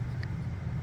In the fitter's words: but just work with it for a second and you'll be able to get it to pop up into place here.